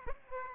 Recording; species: mosquito wingbeat signal from an infrared sensor; Aedes aegypti